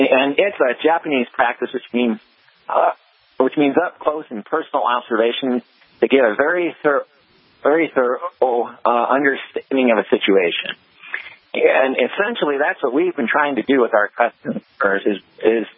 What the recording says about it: I had a voice condition I call it spasmodic dysphonia, and it means that it cuts my vocal cords off involuntarily. And you can probably hear it. Occasionally, a sentence will be cut short.